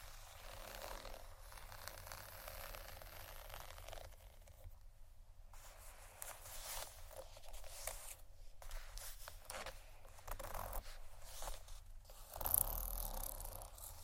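Soft scratching and tapping on cardboard, a continuous rough rustle made of dense, quick strokes that swell and fade in bursts. Brief quieter pauses come around five and eight seconds, and a sharper, louder scrape lands near twelve and a half seconds.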